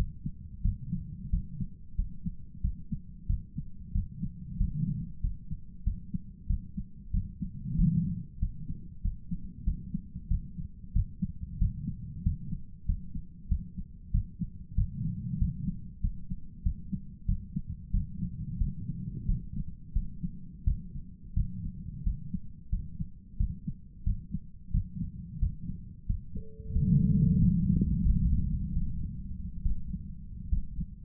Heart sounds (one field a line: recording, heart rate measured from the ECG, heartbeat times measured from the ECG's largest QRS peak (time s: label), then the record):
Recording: heart sounds by stethoscope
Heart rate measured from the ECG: 90 bpm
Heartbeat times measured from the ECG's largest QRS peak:
0.62 s: heartbeat
1.30 s: heartbeat
1.96 s: heartbeat
2.61 s: heartbeat
3.27 s: heartbeat
3.92 s: heartbeat
4.57 s: heartbeat
5.21 s: heartbeat
5.84 s: heartbeat
6.47 s: heartbeat
7.11 s: heartbeat
7.76 s: heartbeat
8.39 s: heartbeat
9.02 s: heartbeat
9.64 s: heartbeat
10.28 s: heartbeat
10.93 s: heartbeat
11.58 s: heartbeat
12.23 s: heartbeat
12.86 s: heartbeat
13.48 s: heartbeat
14.11 s: heartbeat
14.75 s: heartbeat
15.38 s: heartbeat
16.01 s: heartbeat
16.63 s: heartbeat
17.26 s: heartbeat
17.91 s: heartbeat
18.58 s: heartbeat
19.26 s: heartbeat
19.93 s: heartbeat
20.64 s: heartbeat
21.34 s: heartbeat
22.04 s: heartbeat
22.70 s: heartbeat
23.37 s: heartbeat
24.04 s: heartbeat
24.71 s: heartbeat
25.39 s: heartbeat
26.06 s: heartbeat
26.72 s: heartbeat
27.39 s: heartbeat
28.03 s: heartbeat
28.72 s: heartbeat
29.61 s: heartbeat
30.48 s: heartbeat
From the record:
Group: healthy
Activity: rest 0-29 s, breath hold 29-31 s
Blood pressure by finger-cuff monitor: 173/87 mmHg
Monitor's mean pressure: 109 mmHg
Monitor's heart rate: 91 bpm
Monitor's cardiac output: 9.2 L/min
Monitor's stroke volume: 102 mL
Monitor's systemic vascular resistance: 870 dyn s/cm5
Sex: male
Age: 57 years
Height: 188 cm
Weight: 106 kg